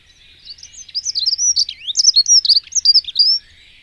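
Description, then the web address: Dunnock singing a hurried, scratchy warble of thin, tumbling high notes with quick upslurs and downslurs, soft at first and then louder. "agykontroll Madardalok Erdei szürkebegy"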